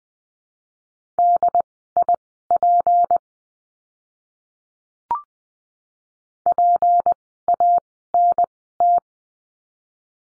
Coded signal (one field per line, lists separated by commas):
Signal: Morse code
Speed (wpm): 20 wpm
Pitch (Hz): 700 Hz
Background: none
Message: DIP PANT